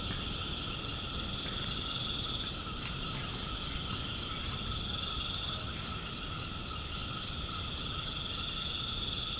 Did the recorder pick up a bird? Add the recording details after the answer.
no. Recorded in pastures near Puerto Asís, Putumayo, Colombia, on 21 March 2025 at 19:30. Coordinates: 0.497, -76.327. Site G072